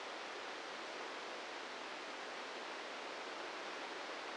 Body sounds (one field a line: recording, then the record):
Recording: brain microelectrode recording played as sound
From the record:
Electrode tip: inside the subthalamic nucleus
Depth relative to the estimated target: -2 mm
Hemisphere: left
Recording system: NeuroSet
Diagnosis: Parkinson's disease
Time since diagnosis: 8 years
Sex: male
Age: 46 years